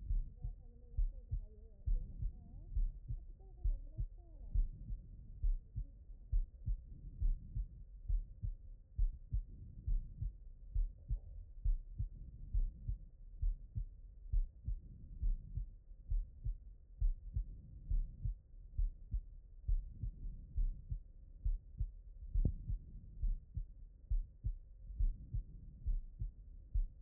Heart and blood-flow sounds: heart sounds by stethoscope; pulmonary valve (PV)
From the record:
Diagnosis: non-HFrEF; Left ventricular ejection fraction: 66%

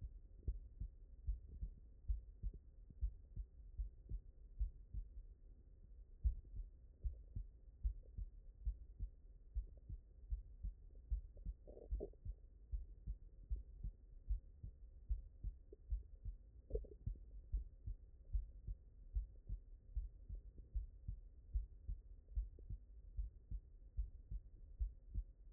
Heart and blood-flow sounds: heart sounds by stethoscope; mitral valve (MV)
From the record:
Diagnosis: non-HFrEF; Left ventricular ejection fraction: 45%

